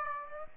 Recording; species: mosquito wingbeat signal from an infrared sensor; Aedes aegypti